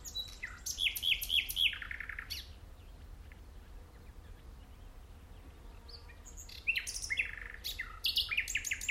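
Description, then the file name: Common nightingale song: varied phrases of quick repeated notes and chirps, with a quiet gap midway before another rapid burst. "Luscinia megarhynchos"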